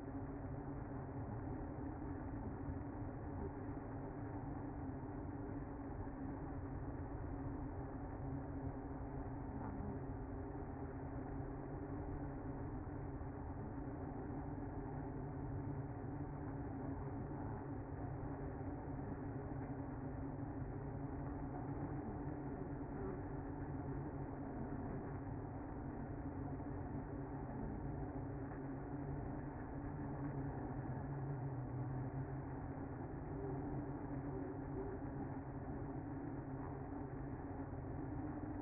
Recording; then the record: honeybee colony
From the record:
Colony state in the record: active